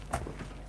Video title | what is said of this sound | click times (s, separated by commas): Darvanalee Designs Studio - How To Make A Wonder Clip Tray In Various Sizes | it'll just click down and then that's locked it into place | 0.1 s